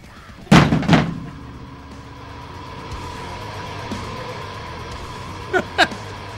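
A door is worked open and shut: two loud, rattling bangs in quick succession, a stretch of low steady hum, then two softer clunks close together at the end.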